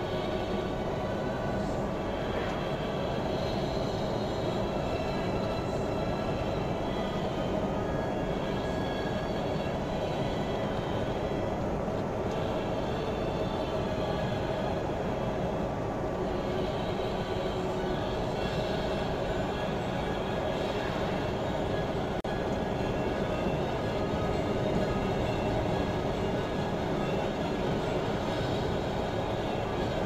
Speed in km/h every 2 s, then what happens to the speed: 63, 64, 65, 66, 66, 66, 66, 66, 66, 66, 66, 67, 71, 69, 69.
0-30 steady at about 66.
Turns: none.